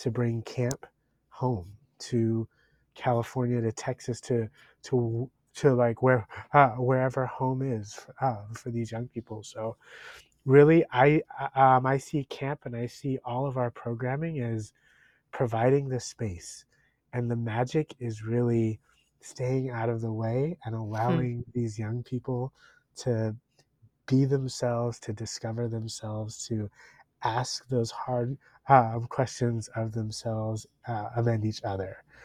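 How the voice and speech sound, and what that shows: An adult man who has stuttered all his life speaks at a steady, moderate pitch with frequent short pauses. Words such as "to" and "I" are stretched and followed by silent breaks before he continues, fitting mild adult stuttering with prolongations and brief blocks.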